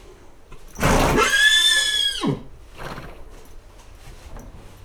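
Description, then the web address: Horse whinnying once for about a second and a half, a bright harmonic neigh that drops at the end, followed by a softer snort. Horse nervous and restless in a stable in a farmyard. "allathangok parasztudvar lo istallobanidegeskedik"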